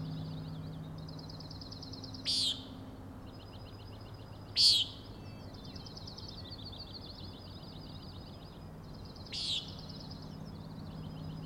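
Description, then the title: Common nighthawk peents, three harsh nasal buzzes, the middle one loudest, separated by stretches of fast high trilling chatter. Three birds giving peenting calls; Overlook, Schoodic Head, Acadia National Park, Winter Harbor, Maine; 16 June 2017, 4am; flying in close formation, passing near the recordist. "Common Nighthawks, Schoodic Head 061617 4am"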